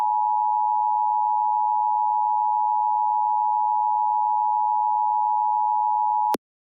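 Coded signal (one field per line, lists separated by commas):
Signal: Emergency Alert System (SAME) tones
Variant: 853 and 960 Hz attention tone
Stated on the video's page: Ice storm warning update SAME tones captured from television via capture card; no NOAA Weather Radio source.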